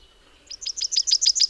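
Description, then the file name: Common chaffinch song fragment: a run of about eight sharp, high down-slurred notes, cut off before the phrase ends; quiet background. "Fringilla coelebs"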